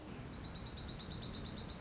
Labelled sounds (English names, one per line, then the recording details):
Dark-eyed Junco
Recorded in Sonoma County, California